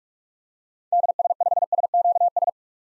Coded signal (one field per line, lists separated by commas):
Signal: Morse code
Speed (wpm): 44 wpm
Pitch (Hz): 700 Hz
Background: none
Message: DS5SQS